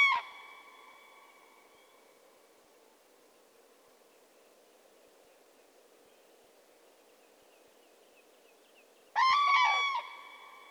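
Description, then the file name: Common crane call: the tail of one bugling note opens the recording, then a long quiet pause before a single loud, harmonic trumpeting call near the end. "grus grus"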